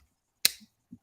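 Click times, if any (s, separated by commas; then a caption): 0.5 s. The cap lifter/screwdriver blade of a blue bone slip-joint pocket knife is opened; it has a half stop and snaps home against the backspring, unlike the main blade, which is mushy. A single loud, sharp, bright snap at 0.45 s is followed by a short fading tail and two faint low soft knocks at about 0.6 s and 0.9 s. The blade snaps into place and is seated.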